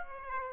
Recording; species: mosquito wingbeat signal from an infrared sensor; Aedes aegypti